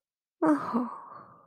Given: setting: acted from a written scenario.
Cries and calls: vocal sound without words; elation

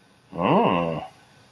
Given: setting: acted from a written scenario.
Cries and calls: vocal sound without words; desire

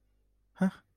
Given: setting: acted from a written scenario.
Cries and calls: vocal sound without words; confusion

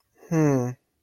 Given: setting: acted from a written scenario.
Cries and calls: vocal sound without words; confusion

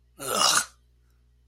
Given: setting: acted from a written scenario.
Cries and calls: vocal sound without words; contempt

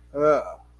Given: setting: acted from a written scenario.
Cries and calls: vocal sound without words; neutral

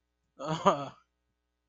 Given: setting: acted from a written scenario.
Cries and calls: vocal sound without words; guilt

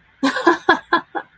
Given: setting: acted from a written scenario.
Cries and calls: vocal sound without words; amusement

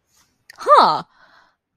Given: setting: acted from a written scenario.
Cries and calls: vocal sound without words; interest

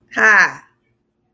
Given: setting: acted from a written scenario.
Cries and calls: vocal sound without words; triumph

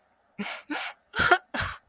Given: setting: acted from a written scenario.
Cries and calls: vocal sound without words; sadness

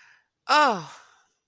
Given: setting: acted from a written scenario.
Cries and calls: vocal sound without words; relief

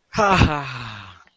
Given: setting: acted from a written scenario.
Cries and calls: vocal sound without words; triumph

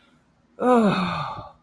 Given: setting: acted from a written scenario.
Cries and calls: vocal sound without words; relief

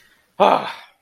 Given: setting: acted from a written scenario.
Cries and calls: vocal sound without words; contempt

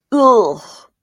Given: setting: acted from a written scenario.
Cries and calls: vocal sound without words; disgust

